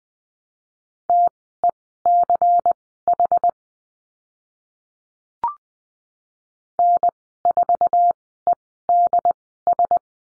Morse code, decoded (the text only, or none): TECH N4EDS